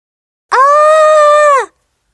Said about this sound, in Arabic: سمعت آريال صوت صراخ فتوقفت قليلاً، وإذ بها أختها أديلا وقد بدت مستاءة.